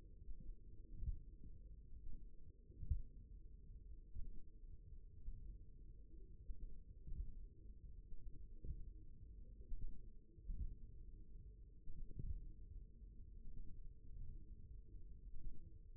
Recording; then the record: forearm muscle sounds (acoustic myography)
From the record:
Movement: tripod grip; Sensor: system 1, eight BSWA MPA416 microphones around the upper forearm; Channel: 2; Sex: male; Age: 54 years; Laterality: right